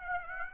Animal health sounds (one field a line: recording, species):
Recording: mosquito wingbeat signal from an infrared sensor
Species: Aedes aegypti